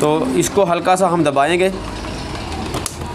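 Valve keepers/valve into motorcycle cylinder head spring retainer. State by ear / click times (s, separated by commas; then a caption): seated / 2.9 s. A valve lifter tool compresses the valve spring on a motorcycle cylinder head and is released so the metal valve keepers lock the valve into the spring retainer. Someone talks over the first 1.8 s, followed by a low steady background sound. A light, sharp click at 2.9 s shows the valve seated and fitted.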